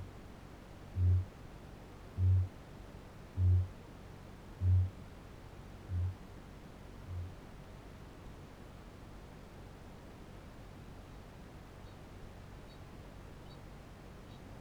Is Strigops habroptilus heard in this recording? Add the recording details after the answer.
yes. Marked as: faintness 2/5, faintness 3/5, faintness 5/5. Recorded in New Zealand. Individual Barnard